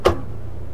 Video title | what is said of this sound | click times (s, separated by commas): Golf Skate Caddy™ Episode 2 - Inner-tube, Tyre & Belt Replacement | that kind of noise which indicates now that the wheel is seated | 0.1 s